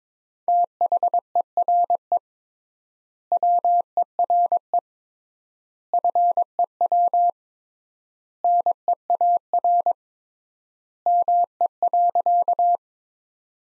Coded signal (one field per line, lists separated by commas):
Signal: Morse code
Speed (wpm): 22 wpm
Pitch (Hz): 700 Hz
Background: none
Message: THERE WERE FEW NEAR ME.